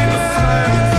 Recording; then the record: coughing mixed with background sound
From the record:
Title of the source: female coughing - coughing sound effects girl